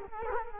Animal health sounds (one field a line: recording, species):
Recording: mosquito wingbeat signal from an infrared sensor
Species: Culex quinquefasciatus